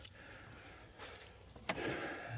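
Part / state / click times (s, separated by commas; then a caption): connector position assurance tab into heater circuit connector / seated / 1.7 s. The plastic security tab (secondary lock) on the heater circuit connector of a 2022 Telluride thermostat is pressed in during a P0597 thermostat replacement. A sharp click is heard at 1.7 seconds over low background noise. The tab is confirmed seated back in.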